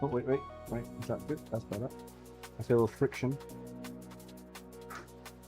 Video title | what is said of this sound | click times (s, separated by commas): 🔴 Unboxing ELEGOO Centauri Carbon 2 Combo 3D Printer - LIVE | I don't hear the snapping yet, though. | none